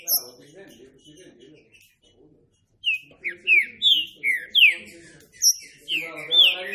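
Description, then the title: Green-winged saltator song: after a quiet start, a rapid series of rich descending whistled phrases, with faint low chatter in the background. Classic song style used as a training recording. "Canto Clássico Trinca Ferro TREINAMENTO"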